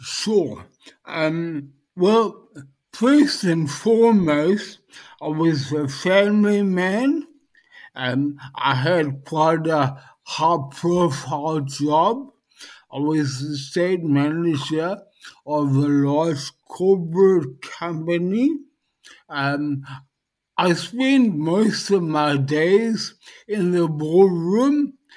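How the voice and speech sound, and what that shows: Dysarthria in an adult male stroke survivor, following a brainstem haemorrhage in 2014. He speaks in short phrases broken by frequent pauses, with some lengthened sounds. His speech was highly affected, with difficulty being understood, and has improved a lot over time.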